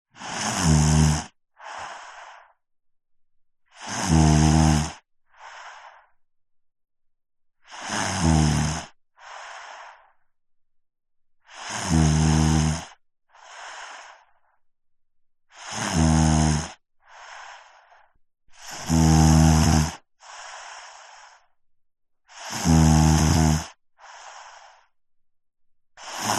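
A 5-year-old boy snores in a steady cycle of about 16 breaths a minute, seven in all. Each loud, low, rattling snore on the in-breath is followed by a softer, airy out-breath. Close-up ordinary snoring, with quiet pauses between breaths.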